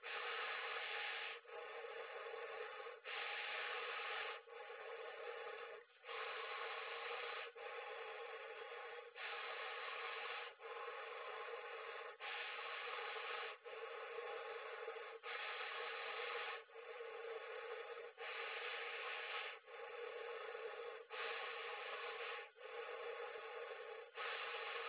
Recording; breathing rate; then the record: paced breathing near a phone; 20 breaths a minute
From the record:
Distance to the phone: 20 cm